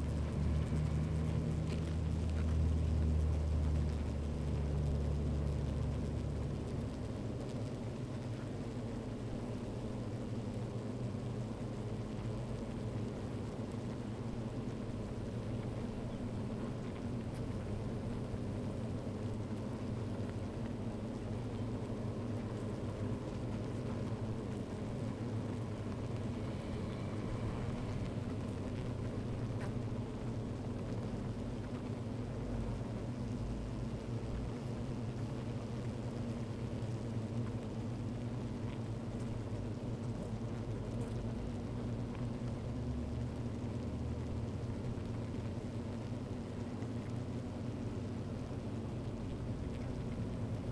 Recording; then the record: honeybee colony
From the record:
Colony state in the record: active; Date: 28 July 2017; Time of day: 13:00